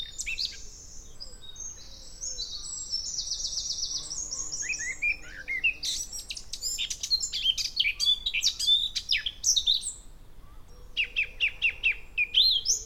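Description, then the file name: Eurasian blackcap singing, a rapid buzzy trill at first, then bursts of high, sharp, scratchy warbling notes in quick succession. "Sylvia atricapilla"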